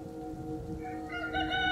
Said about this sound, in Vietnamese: Sáng hôm sau, khi gà vừa gáy sáng tiếng đầu tiên,